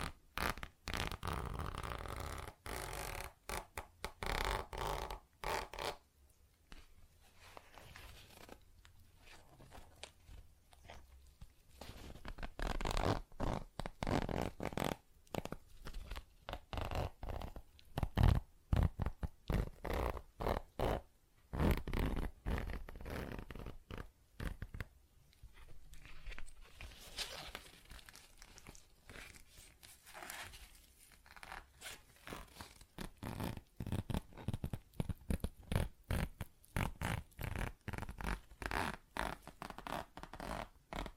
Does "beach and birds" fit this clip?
no